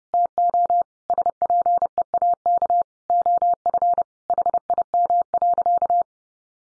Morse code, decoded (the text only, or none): TO SPEAK OF HIM.